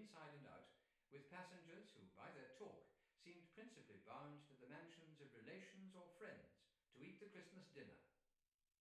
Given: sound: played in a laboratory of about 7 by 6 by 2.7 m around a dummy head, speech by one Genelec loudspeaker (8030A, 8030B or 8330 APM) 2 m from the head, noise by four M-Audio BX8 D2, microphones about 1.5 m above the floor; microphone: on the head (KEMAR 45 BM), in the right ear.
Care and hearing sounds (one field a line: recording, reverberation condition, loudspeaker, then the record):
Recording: male speech in English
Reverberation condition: medium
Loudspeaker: 90 degrees to the left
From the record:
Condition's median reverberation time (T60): about 510 ms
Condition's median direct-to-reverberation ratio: about -0.5 dB